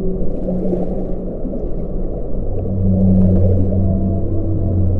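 Whale song: sustained low tonal moans, with a lower one joining partway through as the sound swells louder, against a continuous rumbling background.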